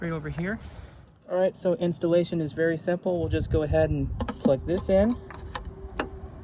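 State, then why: Seated. A bulb socket is plugged into a replacement marker light housing on a Cadillac Fleetwood car while someone talks, then turned clockwise to lock it. A lighter tap comes at 5.5 s, followed by a louder, sharp click at 6.0 s as the socket seats in the housing.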